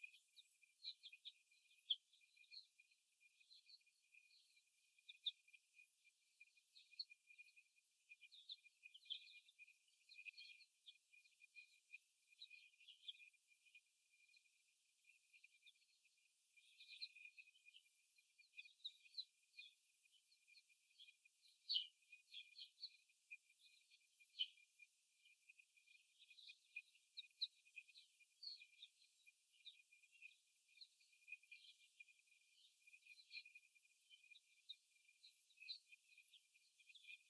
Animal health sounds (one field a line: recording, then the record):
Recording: young laying hens in a cage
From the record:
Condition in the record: before the stressor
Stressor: simulated dog barking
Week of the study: 1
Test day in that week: 1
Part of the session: 2